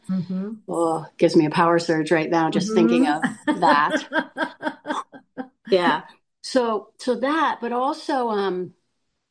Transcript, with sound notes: Oh, gives me a power surge right now just thinking of that.
(laughs)
Yeah. So- so that, but also,